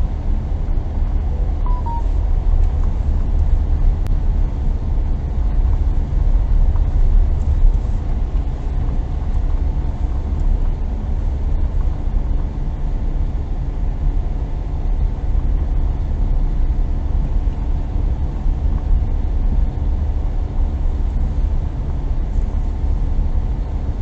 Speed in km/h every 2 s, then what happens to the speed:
21, 20, 20, 19, 20, 20, 20, 20, 20, 21, 20, 19.
0-24 steady at about 20.